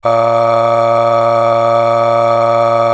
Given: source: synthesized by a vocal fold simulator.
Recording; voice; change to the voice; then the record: sustained vowel; male; aspiration noise (breathiness), level 9 of 10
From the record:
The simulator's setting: 3.35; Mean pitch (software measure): 115 Hz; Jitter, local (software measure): 0.84%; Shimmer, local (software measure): 10.0%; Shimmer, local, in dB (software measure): 0.89 dB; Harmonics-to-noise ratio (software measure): 13.3 dB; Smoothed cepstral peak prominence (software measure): 13.6 dB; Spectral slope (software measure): -16.6 dB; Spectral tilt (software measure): -8.5 dB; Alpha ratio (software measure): -7.1 dB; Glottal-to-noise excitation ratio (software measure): 0.891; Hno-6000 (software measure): 1.9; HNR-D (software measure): 22.4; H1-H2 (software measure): 4.8 dB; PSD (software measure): 6.3e-05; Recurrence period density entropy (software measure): 0.121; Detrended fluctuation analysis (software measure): 0.0542